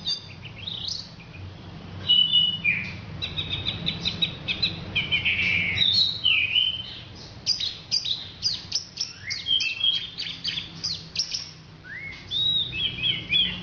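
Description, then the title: Orange-headed thrush song: extended high, varied phrases of rapid chirps, buzzy notes and sharp sweeps, with brief pauses between bursts. "Anis Merah"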